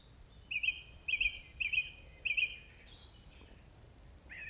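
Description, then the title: Song thrush singing one rich whistled phrase four times, followed by a higher squeaky note and a short slurred call. Recorded 4 May 2021 at 20:35. "2021-05-04 20-35-13-Song-Thursh-4 th-May-2021"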